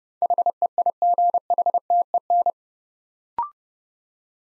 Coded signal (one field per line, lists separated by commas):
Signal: Morse code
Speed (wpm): 30 wpm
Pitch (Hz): 700 Hz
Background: none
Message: HEIGHTEN